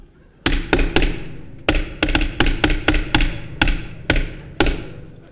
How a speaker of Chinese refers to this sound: 你干嘛呢？ 敲门。 您敲门？您不说叫门吗？